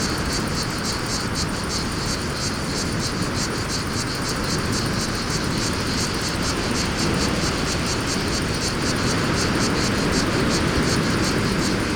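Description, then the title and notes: Cicada song as a rapid pulsing buzz throughout, over loud wind and traffic noise. Fontvieille, France; pine wood during mistral wind; some traffic noise; two Shure BG 4.0 mics, DIY windscreen, Tascam DA-P1 DAT recorder; excerpt from CDR copy. "Fontvieille, France - Mistral et cigales. Le Mistral dans la pinède les cigales et insectes au sol , quelques bruits de circulation"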